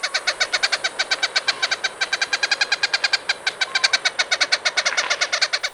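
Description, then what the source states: Greater Honeyguide chatter: a fast, even rattle of harsh, nasal notes running without a break for several seconds. Chatter given in response to the whistle that Borana and Hadza honey hunters in Kenya use to attract the birds, which then guide people to bee nests.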